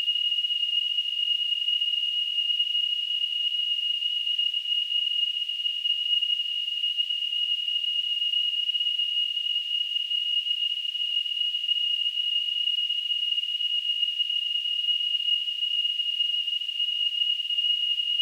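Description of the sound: Simulated tinnitus: a steady, continuous high-pitched tone near 3 kHz with a faint surrounding hiss, unchanging throughout.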